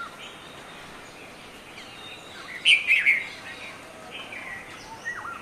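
Red-vented bulbul song, a single quick phrase of two or three bubbly notes midway, then faint thin calls against steady background noise.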